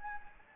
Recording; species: mosquito wingbeat signal from an infrared sensor; Anopheles gambiae